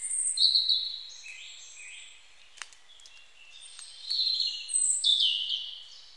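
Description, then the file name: European robin singing a run of high, tinkling and sliding notes, with a quieter stretch and a sharp click in the middle. "Erithacus rubecula"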